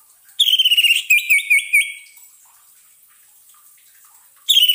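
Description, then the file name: Orange-headed thrush song: a fast run of high, ringing whistled notes, then four evenly spaced slurred notes, a long quiet gap, and another phrase starting. Song therapy recording for an orange-headed thrush (anis merah) that has stopped singing. "terapi suara anis merah macet bunyi"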